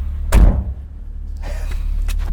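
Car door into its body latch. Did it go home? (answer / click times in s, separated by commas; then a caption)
yes / 0.3 s. The driver's door of a 1991 Nissan Figaro, a small car, is shut into its body latch and seats with a loud, hollow but solid thunk at 0.3 s. A low rumble runs underneath, followed by a few faint ticks later on.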